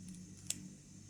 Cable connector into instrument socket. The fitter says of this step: чули От защёлкнулись і витягую